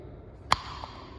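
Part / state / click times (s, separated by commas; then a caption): metal jar lid on a vacuum-sealed glass jar / released / 0.5 s. A metal lid that a vacuum sealer has pulled down onto a glass jar is opened, breaking the vacuum seal with one sharp, bright pop at 0.5 seconds. A faint, smaller tick follows at 0.8 seconds over a quiet background. The seal is released.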